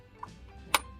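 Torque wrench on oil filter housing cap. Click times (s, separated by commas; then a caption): 0.8 s. A torque wrench set to 35 Nm tightens the plastic oil filter housing cap on a Range Rover L322. A faint tick comes at about 0.2 seconds, then a sharp, bright click at 0.8 seconds as the wrench reaches 35 Nm, confirming the cap is torqued.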